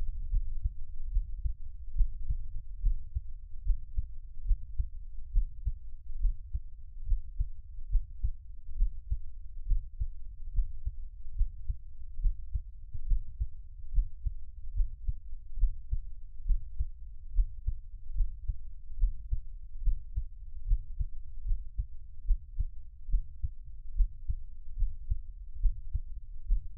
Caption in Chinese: 台灣ASMR | 獻上我的心跳 | Give my Heartbeat | NO Talking。